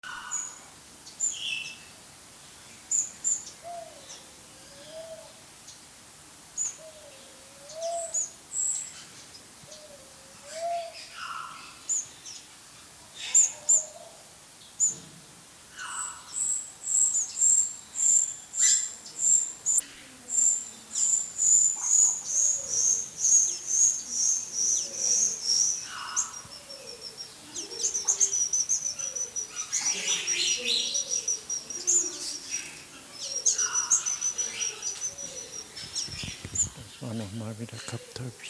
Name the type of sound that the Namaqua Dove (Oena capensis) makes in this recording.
song